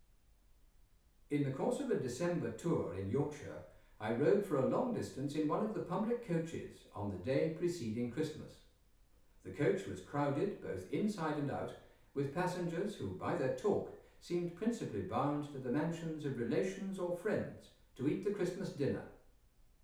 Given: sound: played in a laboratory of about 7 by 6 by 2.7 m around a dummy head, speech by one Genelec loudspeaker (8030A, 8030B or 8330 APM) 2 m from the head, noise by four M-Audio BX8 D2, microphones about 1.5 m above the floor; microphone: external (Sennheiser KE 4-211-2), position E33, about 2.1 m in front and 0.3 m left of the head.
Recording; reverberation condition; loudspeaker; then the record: male speech in English; medium; 90 degrees to the left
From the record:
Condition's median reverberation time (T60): about 510 ms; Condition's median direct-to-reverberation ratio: about -0.5 dB